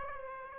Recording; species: mosquito wingbeat signal from an infrared sensor; Aedes aegypti